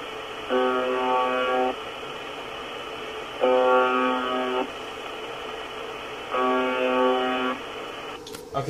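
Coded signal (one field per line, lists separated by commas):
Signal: channel marker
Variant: UVB-76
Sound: three harsh low buzzes about a second long, separated by short pauses, over hiss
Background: radio static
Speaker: this is a station that just buzzes it just has a a buzz tone that lasts a few seconds it pauses for about 2 seconds and then it buzzes again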